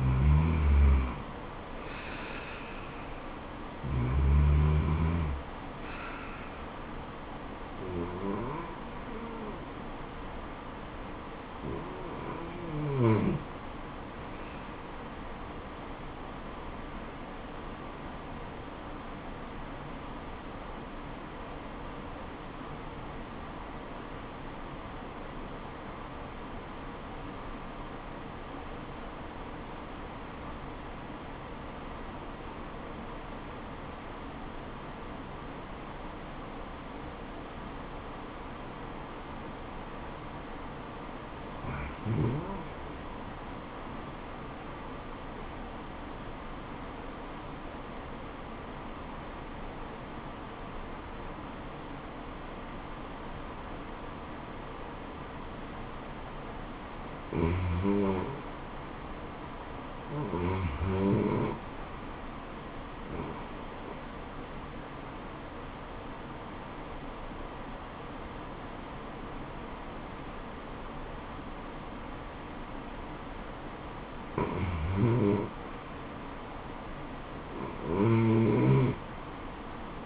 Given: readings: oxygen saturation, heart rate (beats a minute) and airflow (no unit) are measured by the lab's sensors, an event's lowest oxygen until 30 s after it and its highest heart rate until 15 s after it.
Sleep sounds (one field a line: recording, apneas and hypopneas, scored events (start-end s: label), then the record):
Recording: breathing in sleep by a voice recorder at the bedside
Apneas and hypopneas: 1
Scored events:
17.00-58.00 s: obstructive apnea (REM, oxygen 97% highest, then 83% lowest, heart rate 80 at the start, 80 highest)
From the record:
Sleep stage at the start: REM sleep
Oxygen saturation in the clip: 85 to 97%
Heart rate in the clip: 62 to 80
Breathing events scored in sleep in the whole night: 426 in 7.4 hours asleep